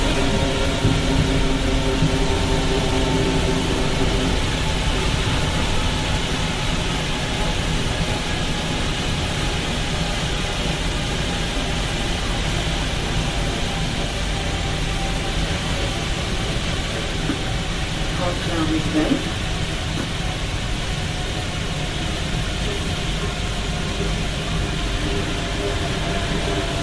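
A Paris Métro ride rumbles steadily with a dense low roar and faint tonal whines, plus a brief squeal near nineteen seconds.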